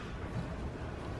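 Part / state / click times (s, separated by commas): plastic door trim piece into the door clips / not seated / none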